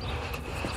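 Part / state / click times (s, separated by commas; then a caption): brake pad abutment clip into caliper bracket / not seated / none. A new metal brake pad abutment clip is being pressed by hand into the caliper bracket of a Chevy Traverse, GMC Acadia, Buick Enclave or Saturn Outlook, where its two small flaps are meant to drop into a notch. Only a steady, low, rumbling handling noise is heard, with no sharp transients. Nothing has seated or clicked yet.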